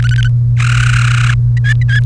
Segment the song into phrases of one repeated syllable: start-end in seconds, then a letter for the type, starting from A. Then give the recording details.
0.02-0.28 A, 0.60-1.34 B, 1.57-2.00 C. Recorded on 1 May 2018 at 10:57. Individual llb3